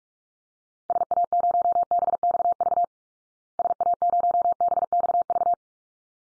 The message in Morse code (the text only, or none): SA0BXV SA0BXV